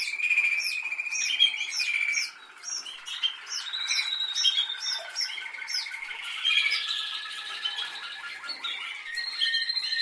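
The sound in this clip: Canary song, continuous and loud, with rapid trills and sweeping notes running one into another, briefly dropping in volume before resuming with further rolled phrases.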